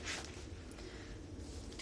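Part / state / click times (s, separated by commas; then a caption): interchangeable curling barrel into curling wand handle / not seated / none. A bubble-wand barrel for an interchangeable curling wand is handled before being fitted and twist-locked onto the heated handle. Soft rustling and handling noise run over a low hum, with a brief sharp hit at the very end. Nothing has locked or clicked into place yet.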